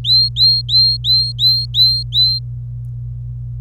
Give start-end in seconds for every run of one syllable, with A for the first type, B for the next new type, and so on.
0.04-2.39 A